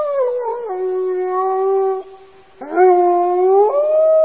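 Wolf howling: a sustained, slightly wavering tone, a brief gap, then a new howl rising and leveling off, stepping up in pitch near the end.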